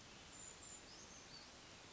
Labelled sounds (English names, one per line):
Brown Creeper